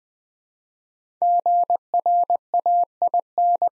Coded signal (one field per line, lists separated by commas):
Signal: Morse code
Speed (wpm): 20 wpm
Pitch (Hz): 700 Hz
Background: none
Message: GRAIN